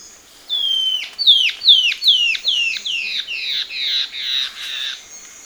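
A bird opens with a long falling whistle, then a brisk series of sliding, increasingly hoarse notes about two to three a second, with a faint high whine running behind.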